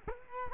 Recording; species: mosquito wingbeat signal from an infrared sensor; Culex quinquefasciatus